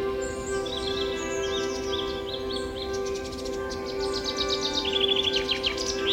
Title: Forest Birdsong Nature Sounds Bird Sounds Birds Chirping Ambience